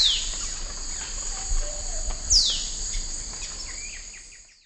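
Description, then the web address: Fulvous shrike-tanager uttering two sharp descending whistles about two seconds apart, set against continuous high-pitched insect noise that fades toward the end. Recorded in the eastern lowlands of South America. "Natures Songs S America Eastern Lowlands. Fulvous Shrike-Tanager"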